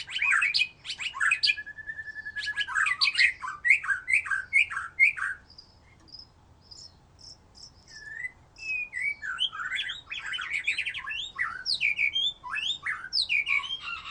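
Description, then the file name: White-rumped shama song: a rapid series of sharp notes with a rattled trill, a quieter stretch of soft high notes, then lively varied whistled phrases. "murai batu"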